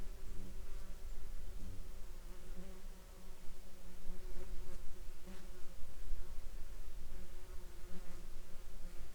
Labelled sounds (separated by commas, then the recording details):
insects
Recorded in the Arctic National Wildlife Refuge, Alaska, on 17 July 2021 at 09:06
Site 33